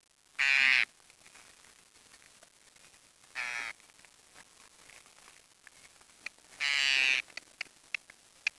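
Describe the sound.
Bird giving three harsh, nasal squawks, each under half a second, a few seconds apart, with faint clicks after the last.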